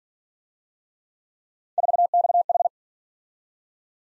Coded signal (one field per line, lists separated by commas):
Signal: Morse code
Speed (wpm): 46 wpm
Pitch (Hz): 700 Hz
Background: none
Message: 4XH